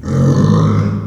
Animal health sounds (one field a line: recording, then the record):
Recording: squeal of a Yucatan mini pig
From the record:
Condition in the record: after surgery on the right vocal fold (resection and tissue-engineered implant)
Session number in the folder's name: 16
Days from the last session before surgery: 183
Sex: female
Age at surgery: 19 weeks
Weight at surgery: 25 kg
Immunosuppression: prednisolone